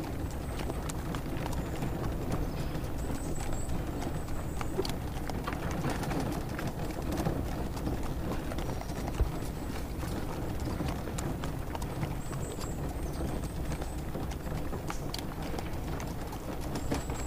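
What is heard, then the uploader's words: Horses trot steadily, their hooves clip-clopping in a quick, even rhythm through a carriage ride in a spring forest. A constant low rumble runs underneath, and short high bird chirps come and go, clustering near the start and again late. Carriage ride through the spring forest.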